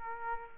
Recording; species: mosquito wingbeat signal from an infrared sensor; Culex quinquefasciatus